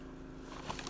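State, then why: Not seated. A plastic part is squeezed onto the body of a Dyson DC50 vacuum cleaner during reassembly after a no-suction repair. Over a steady low hum, quiet plastic handling sounds build, with brief sharp ticks near 0.8 s and 0.9 s. The part has not seated or clicked into place yet.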